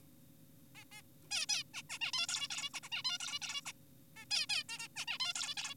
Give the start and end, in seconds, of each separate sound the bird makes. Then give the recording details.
0.75-0.84, 0.92-1.02, 1.31-1.46, 1.49-1.63, 1.74-1.82, 1.90-1.98, 2.01-2.12, 2.14-2.27, 2.29-2.48, 2.50-2.70, 2.74-2.80, 2.83-2.89, 2.92-3.03, 3.05-3.18, 3.20-3.39, 3.42-3.61, 3.66-3.72, 4.16-4.25, 4.31-4.46, 4.50-4.64, 4.69-4.88, 4.96-5.05, 5.08-5.18, 5.20-5.33, 5.36-5.55, 5.57-5.74. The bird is an adult. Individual g4p5U